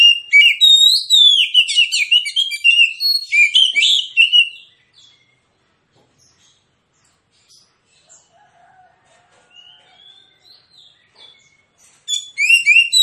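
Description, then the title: Oriental magpie-robin song: a long loud burst of fast varied whistles and chatter, a quiet stretch with faint soft notes, then the song resumes briefly. Kacer with aggressive fighting song full of 'tembakan' bursts; titled as therapy for reluctant singers. "Kacer Langsung Tarung Konslet KACER NGOTOT FULL TEMBAKAN. Kicau Kacer santaiterapi Kacer males bunyi"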